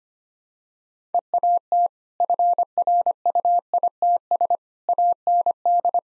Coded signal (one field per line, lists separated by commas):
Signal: Morse code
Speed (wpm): 25 wpm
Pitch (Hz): 700 Hz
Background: none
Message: EAT FRUITS AND